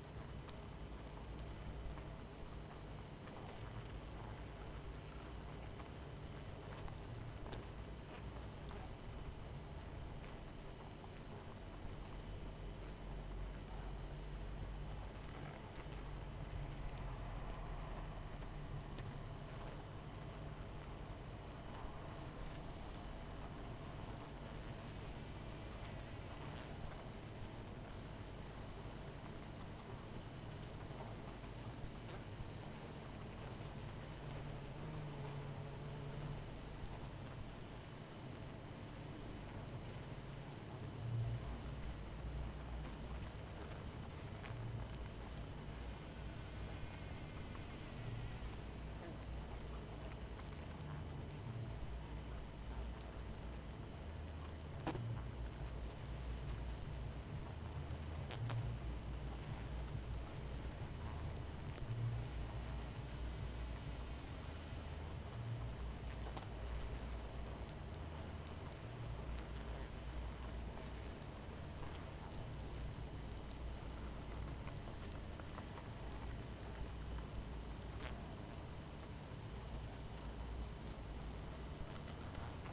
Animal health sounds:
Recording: honeybee colony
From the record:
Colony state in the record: missing queen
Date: 14 July 2017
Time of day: 23:52

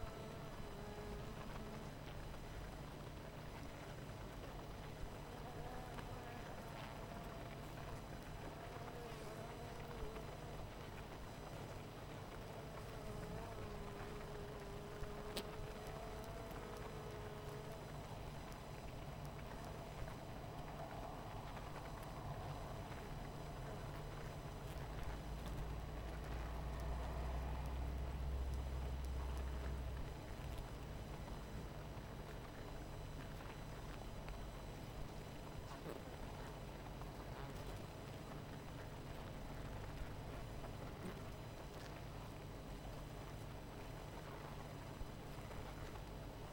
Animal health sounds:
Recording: honeybee colony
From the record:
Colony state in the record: missing queen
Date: 14 July 2017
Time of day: 18:35

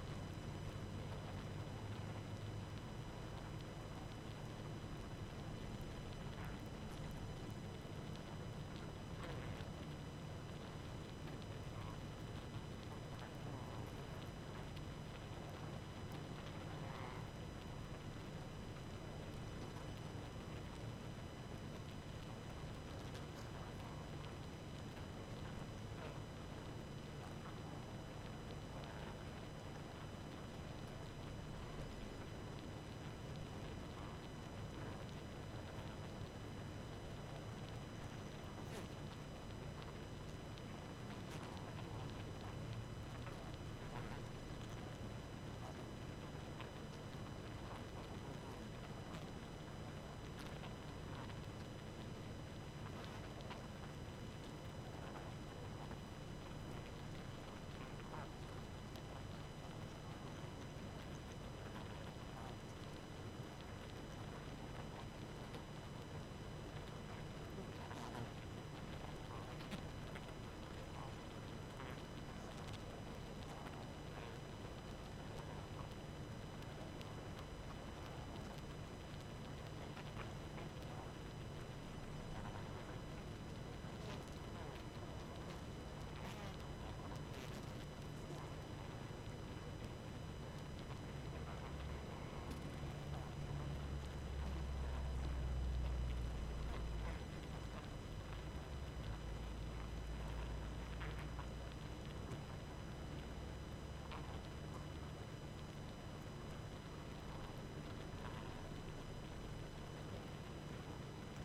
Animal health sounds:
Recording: honeybee colony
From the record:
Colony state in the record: active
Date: 12 June 2018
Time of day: 23:00

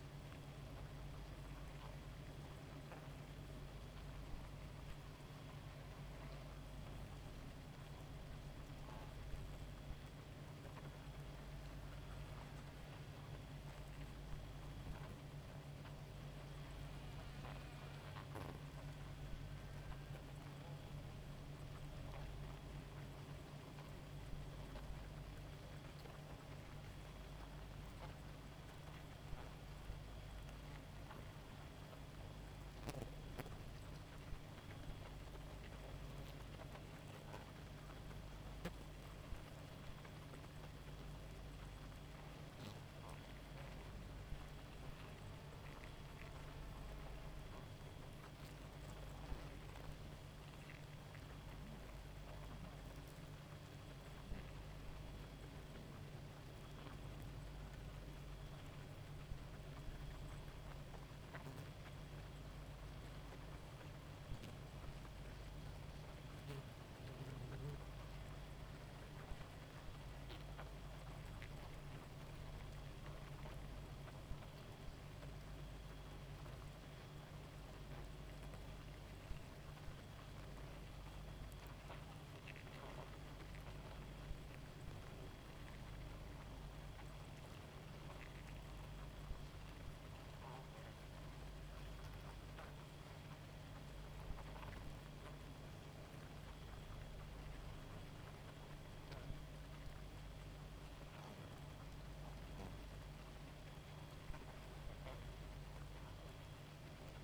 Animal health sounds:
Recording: honeybee colony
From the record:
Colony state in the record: active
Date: 28 July 2017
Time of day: 1:50

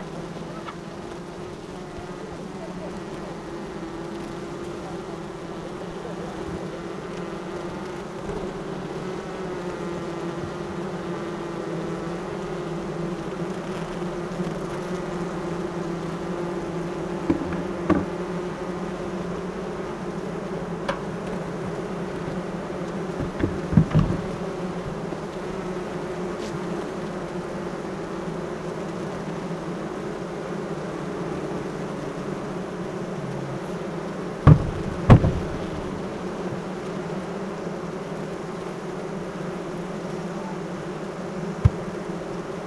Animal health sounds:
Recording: honeybee colony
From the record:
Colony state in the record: active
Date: 12 June 2018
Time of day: 7:57

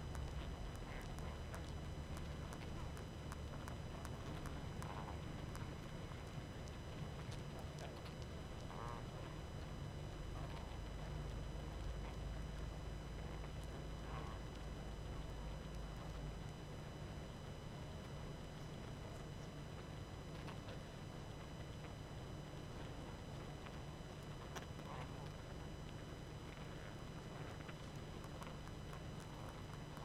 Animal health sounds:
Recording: honeybee colony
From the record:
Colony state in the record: active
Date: 12 June 2018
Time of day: 20:32

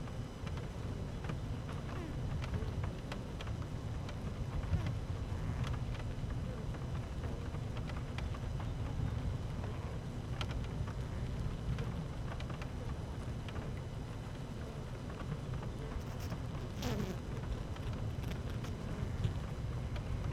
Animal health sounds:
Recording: honeybee colony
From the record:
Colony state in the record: active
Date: 12 June 2018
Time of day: 12:50

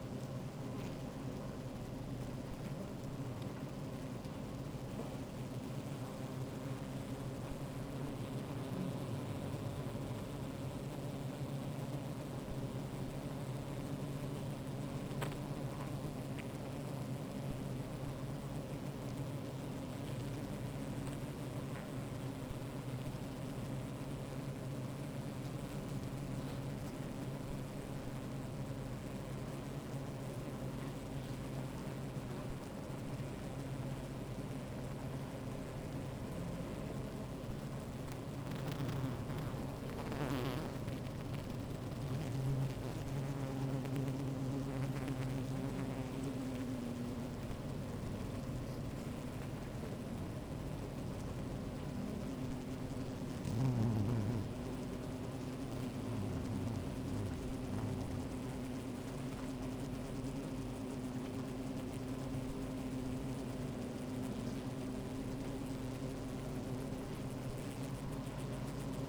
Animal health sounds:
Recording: honeybee colony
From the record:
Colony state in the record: active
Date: 28 July 2017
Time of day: 13:31

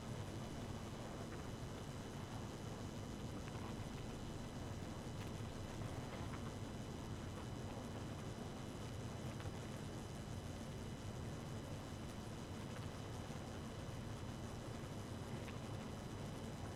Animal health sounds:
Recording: honeybee colony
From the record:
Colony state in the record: active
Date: 12 June 2018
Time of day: 1:54

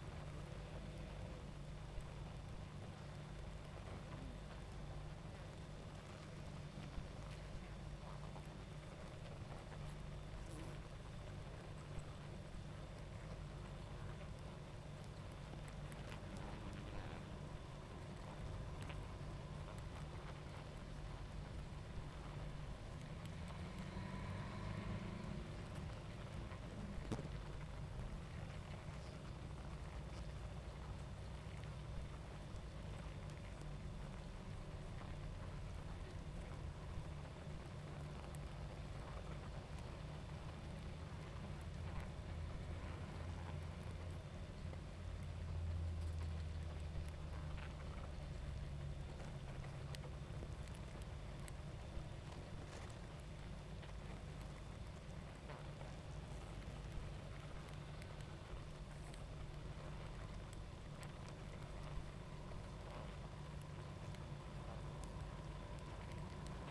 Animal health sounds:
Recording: honeybee colony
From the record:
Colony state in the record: active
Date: 28 July 2017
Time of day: 21:24

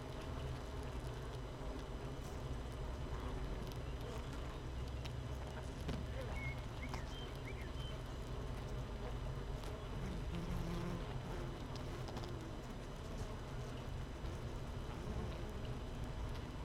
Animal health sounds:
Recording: honeybee colony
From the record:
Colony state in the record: missing queen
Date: 31 May 2018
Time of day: 7:23

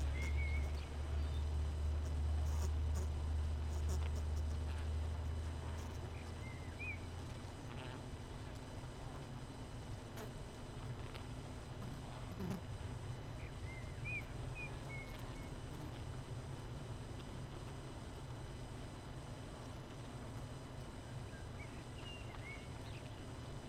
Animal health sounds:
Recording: honeybee colony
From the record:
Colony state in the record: missing queen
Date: 31 May 2018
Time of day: 19:02

